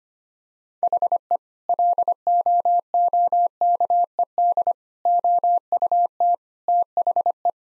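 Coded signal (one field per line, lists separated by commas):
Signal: Morse code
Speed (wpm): 25 wpm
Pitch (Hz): 700 Hz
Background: none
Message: HE LOOKED OUT THE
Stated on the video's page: 25 wpm Morse head-copy drill of sentences built on common two-word phrases; each is sent, spoken, then sent again.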